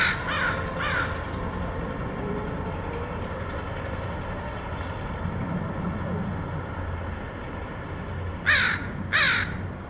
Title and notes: Crows recorded in Portland, OR, August 2003.